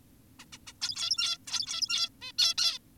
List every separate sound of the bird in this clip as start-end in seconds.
0.40-0.45, 0.53-0.58, 0.67-0.73, 0.82-1.38, 1.47-2.09, 2.22-2.32, 2.38-2.54, 2.58-2.79